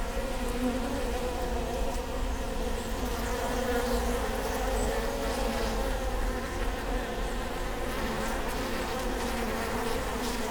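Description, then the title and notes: Honey bees droning steadily at the hive, a continuous layered hum without pauses. Bee hive at Prinzessinnengarten, Hermannstraße, Berlin, Germany; recorded with Sony PCM D50 and Primo EM172. "Prinzessinnengarten II, Hermannstraße, Berlin, Deutschland - bee hive. bee hive at Prinzessinnengarten (Sony PCM D50, Primo EM172)"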